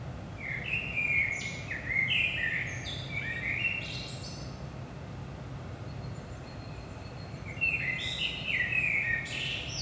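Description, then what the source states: Blackbird singing mellow fluty phrases that break into sharp high twittering, one phrase early and another near the end after a quiet gap, steady low background hum. Blackbird at 5 am in the early morning, Saint-Gilles, Belgium; DPA 4060 microphones in AB position into a Zoom F3.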